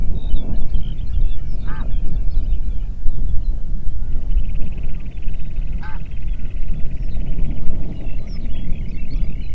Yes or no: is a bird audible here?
yes